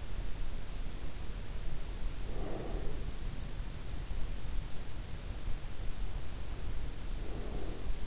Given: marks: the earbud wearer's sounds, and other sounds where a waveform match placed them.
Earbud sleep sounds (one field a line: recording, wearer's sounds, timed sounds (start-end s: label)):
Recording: sounds in sleep by an in-ear microphone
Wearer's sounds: breath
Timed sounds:
2.10-3.43 s: breath
7.00-8.07 s: breath